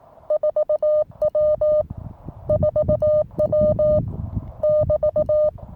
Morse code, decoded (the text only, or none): 4W 4W <BT>